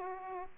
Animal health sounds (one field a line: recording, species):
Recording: mosquito wingbeat signal from an infrared sensor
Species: Aedes aegypti